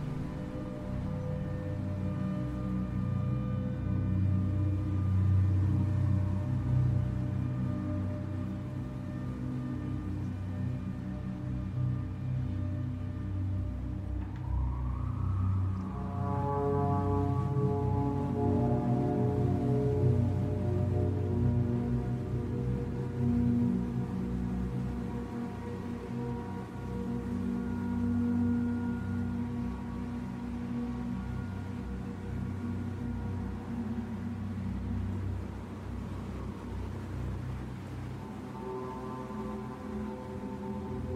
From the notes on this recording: ambient backing music and light howling rain